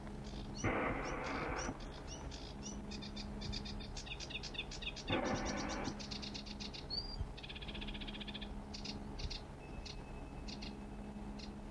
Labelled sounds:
Sedge Warbler song
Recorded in the wild
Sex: male
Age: adult
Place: Krakow am See, Mecklenburg-Vorpommern, DE
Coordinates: 53.6508, 12.2675
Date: 1963-06-26 23:00
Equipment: Reporter R 26
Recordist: Neubauer, Axel
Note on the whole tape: Gesang

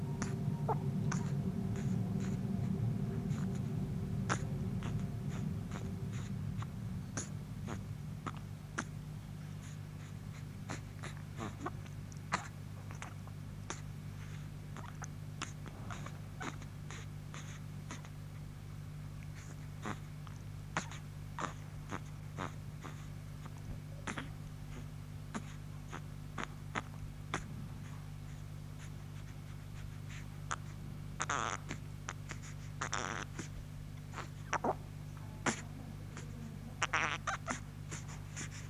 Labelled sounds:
Chimpanzee
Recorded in captivity
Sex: female
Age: juvenile
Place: Kinderklinik der Charitè, Berlin, DE
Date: 1965-02-26
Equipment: Smaragd
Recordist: unbekannt, keine Angabe
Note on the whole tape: Band S 1111 A: "Simone" 6 Wochen alt: Laute beim Trinken aus der Flasche, danach "Schluckauf"

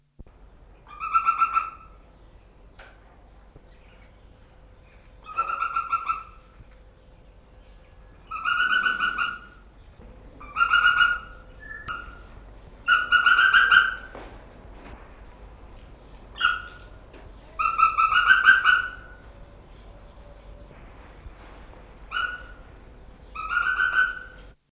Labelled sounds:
Crowned Eagle call
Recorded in captivity
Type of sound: call
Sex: female
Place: Zoo Berlin, Berlin, DE
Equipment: Halbspur, 9,5 cm/s
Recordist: Lütgens, Hans
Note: Rufe

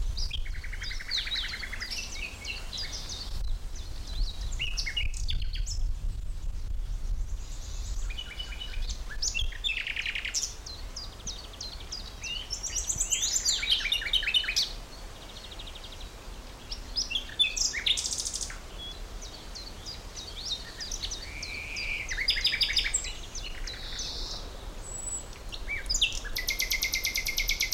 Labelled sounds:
Common Nightingale
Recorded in the wild
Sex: male
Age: adult
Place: Blankenfelde, Tegeler Fließ, Berlin, DE
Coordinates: 52.645, 13.395
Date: 1992-05-30 10:50
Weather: sonnig, 19-23°C, böiger Wind
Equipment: Marantz CP 430, Sennheiser ME 80, K 30 AV, Kopie Tesla B 116
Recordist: Tembrock, Günter

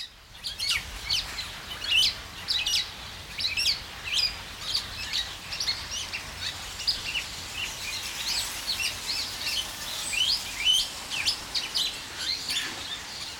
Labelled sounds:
Black-naped Oriole
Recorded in captivity
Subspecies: celebensis
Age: adult
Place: Zoo Berlin, Berlin, DE
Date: 1993-08-28 10:29
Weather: 12-15°C, heiter
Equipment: Marantz CP 430, Sennheiser MKH 416 T, Kopie Uher Variocord 263
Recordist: Tembrock, Günter
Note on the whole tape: Unterart celebensis; Gesang (8 m)

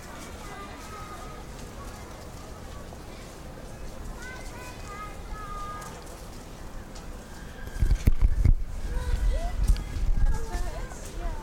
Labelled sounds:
Domesticated Cattle call
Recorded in captivity
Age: adult
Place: Zoo Berlin, Berlin, DE
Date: 1996-08-24 20:40
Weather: bedeckt, ca. 20°C
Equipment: Sony MD-WM MZ-R3, Sennheiser MKH 416 T, Kopie Uher 4000 Report Monitor
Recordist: Tembrock, Günter

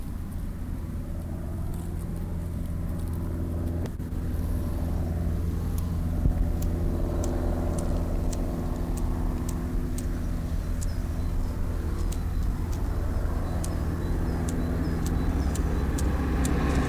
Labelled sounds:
Steppe Grasshopper stridulation
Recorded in the wild
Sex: male
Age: imago
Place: Lienen, Nordrhein-Westfalen, DE
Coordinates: 52.145, 7.974
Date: 1991-09-21 10:53
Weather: am Gras 18,1°C, in der Sonne 29,8°C
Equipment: Marantz, Sennheiser ME 80, Kopie Tesla B 116
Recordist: Tembrock, Günter

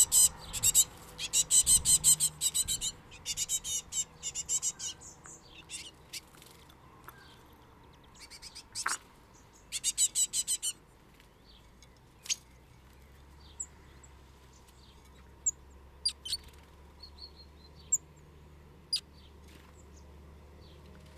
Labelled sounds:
Great Tit call
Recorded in the wild
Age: juvenile
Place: Kaiserslautern, Rheinland-Pfalz, DE
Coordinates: 49.4283, 7.77889
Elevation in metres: 279
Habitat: garden
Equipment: Nagra IV, Sennheiser MKH 405, Parabolreflektor
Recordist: Tretzel, Erwin

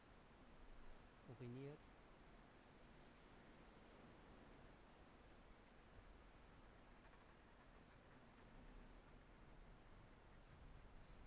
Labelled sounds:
Arctic Fox barking
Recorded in the wild
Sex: female
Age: adult
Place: Insel Mednyi, Kommandeur-Inseln, RU
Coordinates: 54.5167, 168.083
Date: 1999-07-17 14:10
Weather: overcast, 10°C, westerly winds
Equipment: Sony WM-D6C, Sennheiser ME 80, Schalter I, Windkorb, Kopie Tascam DA 30
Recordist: Frommolt, Karl-Heinz
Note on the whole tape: Südlich Kap Dlinnyi: zwei Bellstrophen von Polarfuchsfähe (Alopex lagopus) links Blau/Violett 163. Fähe Blau/Violett war aus nördlicher Richtung zur Höhle gelaufen. Dort erfolgte eine Begrüßung mit Fähe links Rot/Gelb. Beide laufen dann in meine Richtung (sitze vor "nepropusk"). Rot/Gelb läuft an mir vorbei. Blau/Violett umkreist mich, uriniert mehrfach und defäkiert, zupft an meinem Rucksack und äußert zwei Bellstrophen in ca. 1 m Entfernung von mir

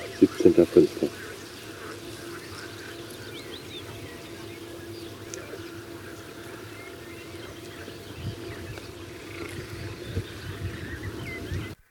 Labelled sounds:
Marsh Frog
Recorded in the wild
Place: Schönfeld, Brandenburg, DE
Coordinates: 53.396, 14.006
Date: 1993-05-17 19:00
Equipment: Nagra III BH, Sennheiser MD 21, parabola
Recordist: Schubert, Michael
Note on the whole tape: Seefrösche

